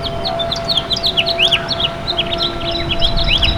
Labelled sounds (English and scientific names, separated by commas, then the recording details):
House Finch (Haemorhous mexicanus) song
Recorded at Bay Shore on Long Island, New York, on 29 May 2013
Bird G